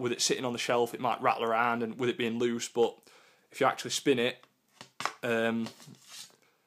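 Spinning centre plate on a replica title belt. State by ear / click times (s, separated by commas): not seated / none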